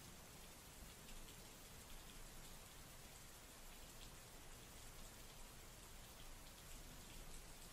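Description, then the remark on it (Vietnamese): Heavy rain pours down in a steady, dense hiss that stays loud and even throughout, with countless drops pattering on surfaces and no voices. “ngoài kia dòng người đang hối hả dưới cơn mưa tầm tã.”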